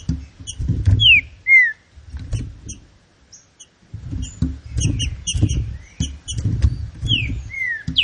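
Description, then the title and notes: Green-winged saltator giving a few brief falling whistles, with sparse high chirps and muffled low knocking. Classic song style of the green-winged saltator, presented for training. "Canto Clássico Trinca Ferro TREINAMENTO. trinca fero"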